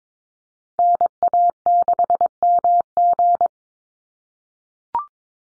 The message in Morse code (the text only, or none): NA6MG